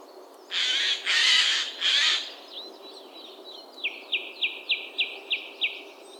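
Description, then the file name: Eurasian jay giving three harsh, noisy screeches in quick succession, followed by a run of seven short, evenly spaced whistled notes. "Garrulus glandarius"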